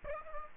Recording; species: mosquito wingbeat signal from an infrared sensor; Aedes aegypti